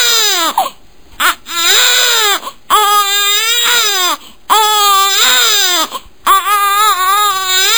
Daily life baby crying out sound effect.